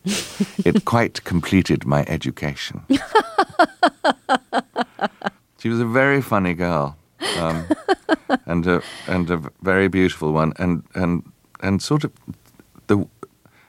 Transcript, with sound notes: it quite completed my education.
(Laughter).
She was a very funny girl, and a very beautiful one and sort of